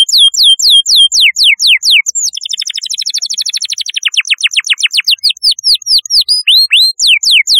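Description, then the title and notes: Canary song with loud down-slurred whistles, a rapid chattering trill in the middle, then more sweeping whistled notes repeated about four per second. "Kicau Burung Kenari"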